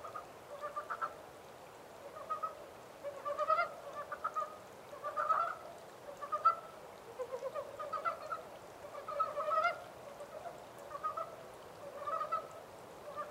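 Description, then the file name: Montane brown frog calling, quick pulsed croaks in bursts spaced about a second apart, some louder than others. 14 April 2010. "yamaakagaeru-20100414"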